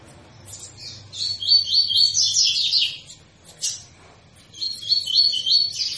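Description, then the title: Double-collared seedeater song: two fast, ringing trills of repeated high notes separated by a sharp chirp and a short pause. Tui-tui song style, used as a tutor song for teaching young birds. "COLEIRO TUI TUI FIBRA CANTO PROFESSOR"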